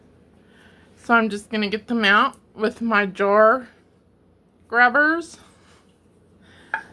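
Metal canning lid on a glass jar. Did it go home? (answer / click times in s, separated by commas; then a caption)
yes / 6.7 s. Someone talks while a glass jar of chicken broth is lifted out of the pressure canner with jar grabbers. At 6.7 s the metal canning lid's centre pops down with one sharp pop as the jar cools, showing the lid has sealed on the glass jar.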